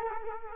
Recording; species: mosquito wingbeat signal from an infrared sensor; Culex quinquefasciatus